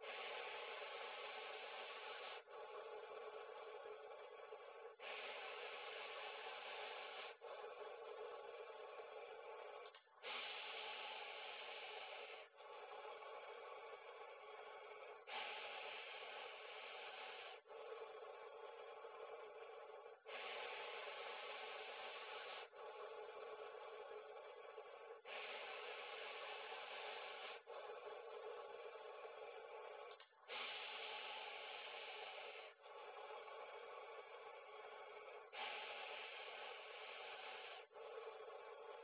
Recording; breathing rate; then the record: paced breathing near a phone; 12 breaths a minute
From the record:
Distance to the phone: 40 cm